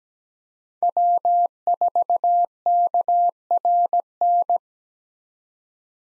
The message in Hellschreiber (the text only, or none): none